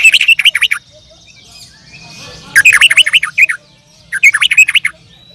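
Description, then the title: Bird singing three bursts of fast, bright chirping notes separated by quiet gaps. "Kicau Burung"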